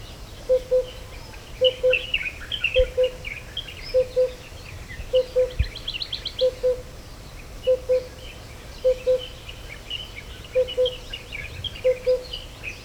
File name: Oriental Cuckoo Cuculus optatus